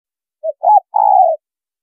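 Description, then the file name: Spotted dove coo fragment: a faint short hoot, a brighter note, then one long, slightly falling coo, with nothing else heard. Female bird. "Tieng cu gay mai"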